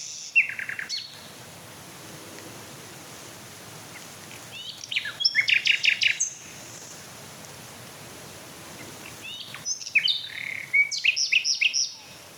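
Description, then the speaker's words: Common Nightingale song, varied phrases of whistles, rapid stuttering trills and sharp high notes, separated by pauses. Singing on a completely still night under a half-full waning moon; song described as sobbing, with beating, fluting and breaking phrases. "Oh, das schöne Schluchzen. Lauschen wir doch noch ein paar Minuten Herrn Nachtigall."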